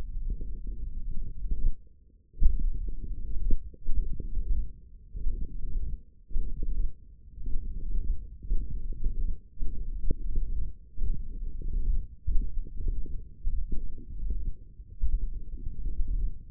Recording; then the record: forearm muscle sounds (acoustic myography)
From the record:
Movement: finger pinch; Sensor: system 1, eight BSWA MPA416 microphones around the upper forearm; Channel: 5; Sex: male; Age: 18 years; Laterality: right